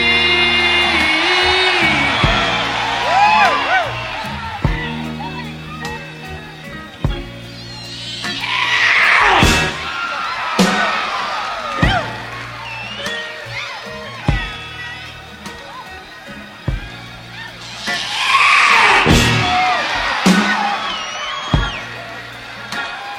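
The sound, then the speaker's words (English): A person lets out two loud, high-pitched screams, several seconds apart, over a steady rhythmic band backing with sharp percussive hits. “Is it all right if I scream?”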